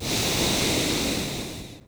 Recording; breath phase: one breath near a microphone; exhalation